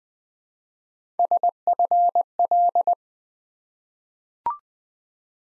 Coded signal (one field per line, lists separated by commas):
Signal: Morse code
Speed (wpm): 20 wpm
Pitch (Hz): 700 Hz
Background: none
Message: SFL